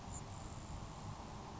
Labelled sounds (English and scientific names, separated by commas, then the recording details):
Grasshopper Sparrow (Ammodramus savannarum)
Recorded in Sonoma County, California